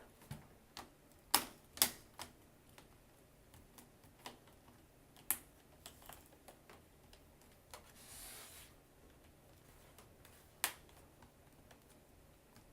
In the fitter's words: and post it it in its place and then press down carefully along the sides until it clicks